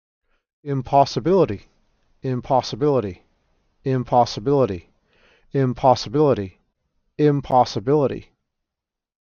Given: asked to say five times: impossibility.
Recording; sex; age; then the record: repeated word; male; 30 to 39 years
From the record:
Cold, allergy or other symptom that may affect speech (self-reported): no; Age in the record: 37 years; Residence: California, United States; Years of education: 16